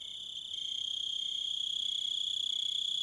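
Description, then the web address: Cricket chirping as a steady shrill trill, with short lower chirps repeating at intervals over a continuous high insect chorus. "Sounds of Nature Collection. Crickets And Wolves"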